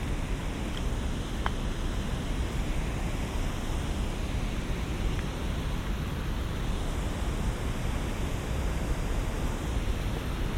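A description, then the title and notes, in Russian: A rushing river roars in a steady, dense wash of water noise, heaviest in the low end and unchanging in level throughout. A faint thin whine sits above the rush, and a couple of tiny clicks come through around the second and fifth seconds. 3D прогулка по Сочи.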